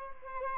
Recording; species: mosquito wingbeat signal from an infrared sensor; Aedes albopictus